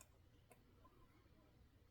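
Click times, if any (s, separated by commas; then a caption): 0.0 s, 0.5 s. A guitarist brings the metal saddle on a tremolo bridge down until it locks into place on its saddle lock. Two small, sharp ticking clicks are heard at 0.0 and 0.5 seconds over a low, steady background. The saddle is seated and locked.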